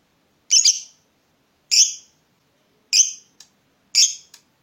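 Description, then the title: Lovebird calls, four harsh, shrill chirps about one second apart, each a short rasping burst. Lovebird's style of calling shown as clever 'baiting' (memancing), prompting other birds to sing. "Dari Gayanya Lovebird Ini Terlihat Pintar Sekali Memancing"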